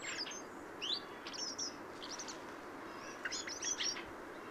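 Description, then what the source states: Bird giving soft subsong: scattered high chirps and short squeaky notes in brief clusters, quiet against a steady background hiss. Subsong of a first-winter bird.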